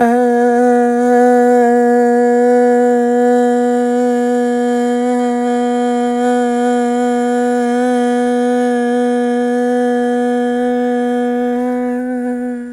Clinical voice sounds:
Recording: sustained vowel /a/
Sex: female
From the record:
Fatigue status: fatigue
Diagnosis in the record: COVID-19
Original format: m4a

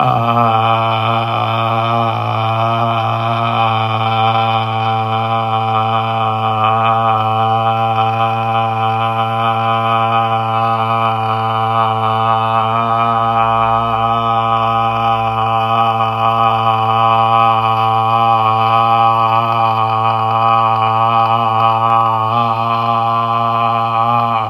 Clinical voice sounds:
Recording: sustained vowel /a/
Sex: male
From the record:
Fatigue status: no fatigue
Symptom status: asymptomatic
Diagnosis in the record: COVID-19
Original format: m4a

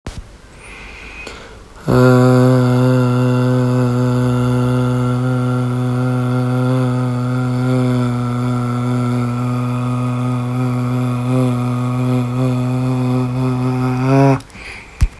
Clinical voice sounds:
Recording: sustained vowel /a/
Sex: male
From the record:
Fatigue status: no fatigue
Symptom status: asymptomatic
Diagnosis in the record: COVID-19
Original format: m4a

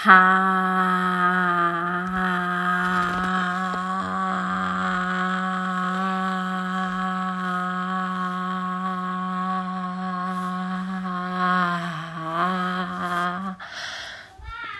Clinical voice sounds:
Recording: sustained vowel /a/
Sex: female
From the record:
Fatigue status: fatigue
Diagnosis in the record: COVID-19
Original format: m4a

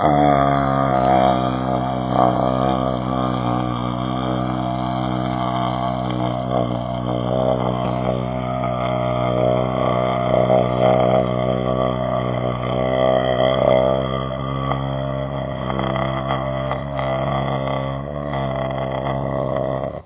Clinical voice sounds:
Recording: sustained vowel /a/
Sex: male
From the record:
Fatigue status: no fatigue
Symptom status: asymptomatic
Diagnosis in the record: COVID-19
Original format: 3gp

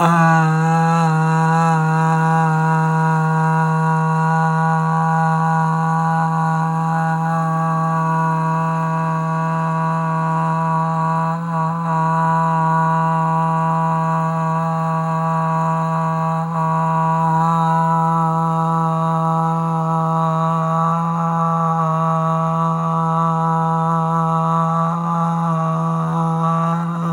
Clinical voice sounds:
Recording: sustained vowel /a/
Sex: male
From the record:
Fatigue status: no fatigue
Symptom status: asymptomatic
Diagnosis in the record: COVID-19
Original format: m4a

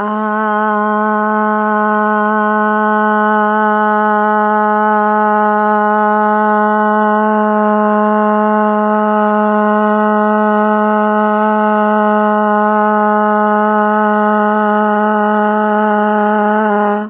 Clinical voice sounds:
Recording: sustained vowel /a/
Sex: female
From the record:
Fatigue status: fatigue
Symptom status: symptomatic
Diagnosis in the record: COVID-19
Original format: 3gp

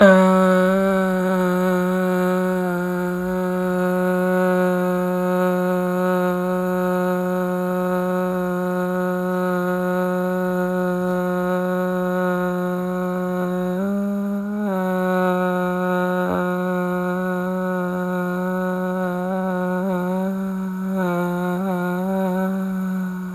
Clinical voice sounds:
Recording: sustained vowel /a/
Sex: female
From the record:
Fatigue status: no fatigue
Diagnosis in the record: COVID-19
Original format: m4a

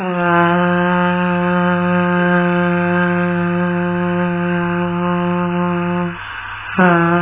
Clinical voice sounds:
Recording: sustained vowel /a/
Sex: female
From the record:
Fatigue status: fatigue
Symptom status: symptomatic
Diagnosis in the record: COVID-19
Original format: 3gp

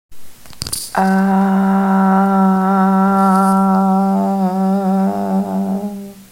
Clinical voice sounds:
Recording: sustained vowel /a/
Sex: female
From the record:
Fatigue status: no fatigue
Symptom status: asymptomatic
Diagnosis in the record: COVID-19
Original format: m4a

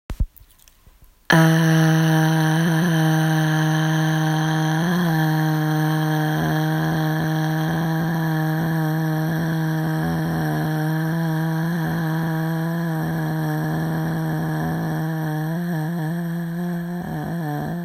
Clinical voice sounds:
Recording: sustained vowel /a/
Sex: female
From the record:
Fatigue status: fatigue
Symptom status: symptomatic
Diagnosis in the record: COVID-19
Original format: m4a

